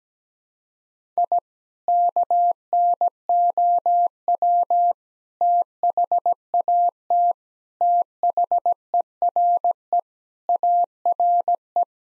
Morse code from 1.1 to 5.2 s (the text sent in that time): I KNOW